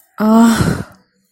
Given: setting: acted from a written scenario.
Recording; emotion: vocal sound without words; embarrassment